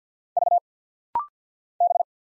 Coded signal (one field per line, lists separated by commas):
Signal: Morse code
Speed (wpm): 49 wpm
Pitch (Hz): 700 Hz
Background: none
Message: V B